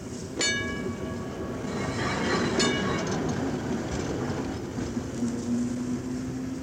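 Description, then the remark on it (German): A scheduled tram railcar drives slowly across a city tram depot yard in hot midday sun to pick up its trailer, rumbling with a steady low drone, broken by two sharp metallic screeches and clanks near the start and middle, then a rising whine of the motor. “Über dem in heißer Mittagssonne liegenden Betriebshof der städtischen Straßenbahn fährt langsam der fahrplanmäßige Triebwagen des großen Rings, holt sich im Depot seinen Anhänger und begibt sich auf seine Tour durch die Stadt”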